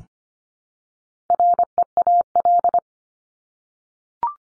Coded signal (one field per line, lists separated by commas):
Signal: Morse code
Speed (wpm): 25 wpm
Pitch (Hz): 700 Hz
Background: none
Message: REAL